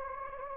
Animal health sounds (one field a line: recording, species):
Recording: mosquito wingbeat signal from an infrared sensor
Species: Anopheles gambiae